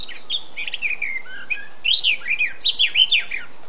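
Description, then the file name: Eurasian blackcap song, a clear fast series of fluty whistled notes swooping up and down, ending in a brighter, louder flourish. "Sylvia atricapilla"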